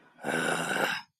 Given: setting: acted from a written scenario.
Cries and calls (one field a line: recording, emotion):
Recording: vocal sound without words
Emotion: anger